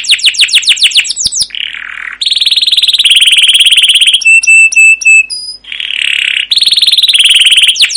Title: CUIT CUIT NGEROL LANGSUNG GACOR PANJANG Kenari Pancingan KENAR. Masteran Suara Burung Kenari Gacor Panjang cuit cuit Ngerol untuk Pancingan Kenari!